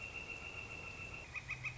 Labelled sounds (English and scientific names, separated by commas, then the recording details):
Northern Flicker (Colaptes auratus)
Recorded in Sonoma County, California